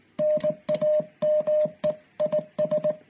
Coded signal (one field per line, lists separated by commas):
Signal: Morse code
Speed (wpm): 19 wpm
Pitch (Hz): 610 Hz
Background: music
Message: NAME IS